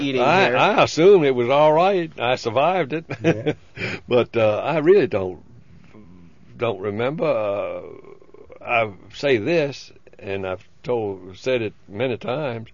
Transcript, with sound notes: I, I assumed it was all right. I survived it. (he laughs) But I really don't, don't remember. I'll say this, and I've told, said it many time.